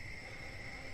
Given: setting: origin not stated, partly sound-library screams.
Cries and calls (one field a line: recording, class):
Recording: one-second piece from a danger detection set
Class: normal situation